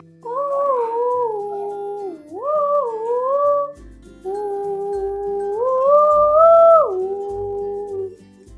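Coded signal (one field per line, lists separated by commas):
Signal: whistled language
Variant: Jingrwai Lawbei, Khasi name tune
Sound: two long, smoothly gliding hummed or whistled melodic phrases, rising and falling in pitch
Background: low rumble, handling noise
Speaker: ये जो बेटी है अपनी माँ को और अपने ग्रैंड माँ को कैसे बुलाती है.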